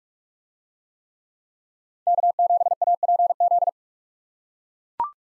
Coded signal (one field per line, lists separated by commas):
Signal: Morse code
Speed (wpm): 43 wpm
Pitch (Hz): 700 Hz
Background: none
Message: K7APZ